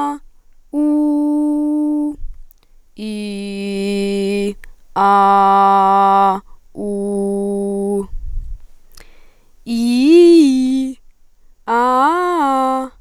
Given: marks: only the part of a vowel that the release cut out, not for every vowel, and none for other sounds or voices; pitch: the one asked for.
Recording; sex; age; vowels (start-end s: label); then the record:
sustained vowels; female; 20 to 29 years
0.89-1.99 s: vowel /u/, high pitch
3.15-4.43 s: vowel /i/, low pitch
5.11-6.23 s: vowel /a/, low pitch
6.90-7.93 s: vowel /u/, low pitch
9.80-10.74 s: vowel /i/, low-high-low pitch
11.79-12.74 s: vowel /a/, low-high-low pitch
From the record:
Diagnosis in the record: healthy voice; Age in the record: 21 years